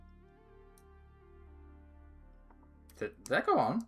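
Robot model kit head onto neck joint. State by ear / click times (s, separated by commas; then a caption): not seated / none. The plastic head of a Blokees Transformers Champion Class model kit robot is pushed onto its neck joint, with only faint soft ticks over a low background hum before someone talks near the end. The head has not clicked into place on the neck.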